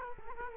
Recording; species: mosquito wingbeat signal from an infrared sensor; Culex quinquefasciatus